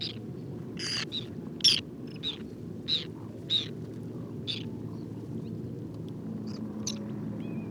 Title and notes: Guifettes en hivernage - Cambodge. 13 décembre 2018-16h30. lac peu profond couvert de nénuphars et de lotus. Guifettes moustac (Chlidonias hybridus). Cris électriques de contact très caractéristiques